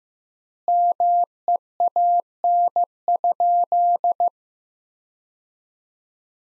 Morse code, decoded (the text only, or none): MEAN?